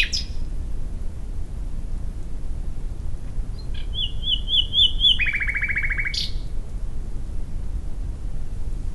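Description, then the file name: Common nightingale song: a short note, then a rapid high trill that drops into a lower, buzzy run of repeated notes, ending with a sharp click, over a low background rumble. "Luscinia megarhynchos"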